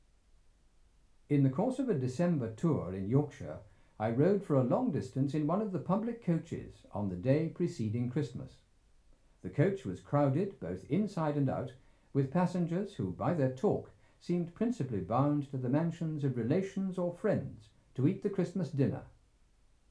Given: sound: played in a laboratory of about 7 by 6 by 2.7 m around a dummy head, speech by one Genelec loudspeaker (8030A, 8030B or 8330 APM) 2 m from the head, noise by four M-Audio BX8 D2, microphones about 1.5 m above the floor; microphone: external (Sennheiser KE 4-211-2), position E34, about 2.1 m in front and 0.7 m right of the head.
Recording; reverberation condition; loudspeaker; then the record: male speech in English; low; in front (0 degrees)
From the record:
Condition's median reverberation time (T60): about 310 ms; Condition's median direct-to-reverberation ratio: about 3.5 dB